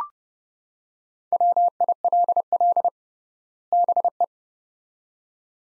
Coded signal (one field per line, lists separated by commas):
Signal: Morse code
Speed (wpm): 32 wpm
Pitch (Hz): 700 Hz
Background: none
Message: WILL BE